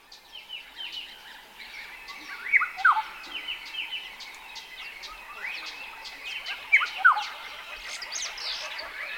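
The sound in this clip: Black-headed oriole calling twice, brief fluty whistles dropping in pitch, about four seconds apart, with busy twittering from other birds behind.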